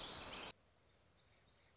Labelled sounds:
Black-throated Gray Warbler
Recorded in Sonoma County, California

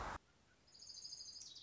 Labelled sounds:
Orange-crowned Warbler
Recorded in Sonoma County, California

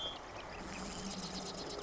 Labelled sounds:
Marsh Wren
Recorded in Sonoma County, California

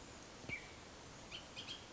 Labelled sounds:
Bullock's Oriole
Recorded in Sonoma County, California

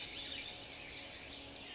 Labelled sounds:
California Towhee
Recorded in Sonoma County, California

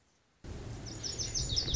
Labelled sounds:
Lazuli Bunting
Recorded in Sonoma County, California

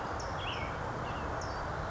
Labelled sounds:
California Towhee
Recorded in Sonoma County, California

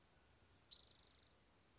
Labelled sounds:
Spotted Towhee
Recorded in Sonoma County, California

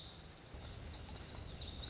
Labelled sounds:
Lazuli Bunting
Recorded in Sonoma County, California

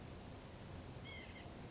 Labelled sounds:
White-breasted Nuthatch
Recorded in Sonoma County, California

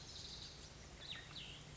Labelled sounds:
Cassin's Vireo
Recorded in Sonoma County, California

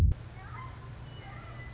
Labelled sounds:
Western Meadowlark
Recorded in Sonoma County, California

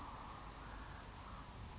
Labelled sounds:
California Towhee
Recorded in Sonoma County, California

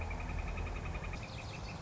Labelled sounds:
Northern Flicker
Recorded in Sonoma County, California

